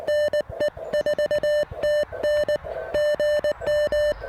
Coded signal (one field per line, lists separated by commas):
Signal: Morse code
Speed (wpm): 20 wpm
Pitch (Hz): 1800 Hz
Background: music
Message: NE4TN GM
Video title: POTA Plan C: Swapping antennas and rigs at Tuttle Educational State Forest